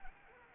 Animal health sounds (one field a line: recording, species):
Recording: mosquito wingbeat signal from an infrared sensor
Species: Anopheles arabiensis